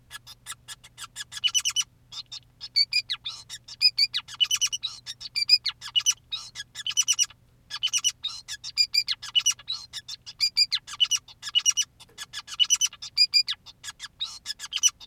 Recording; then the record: song of a male Bengalese finch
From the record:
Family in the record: son of father 2, and himself father 5